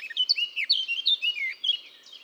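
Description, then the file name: Eurasian blackcap song, a short run of varied warbled whistles, rising and falling quickly, fading at the end. "Sylvia atricapilla"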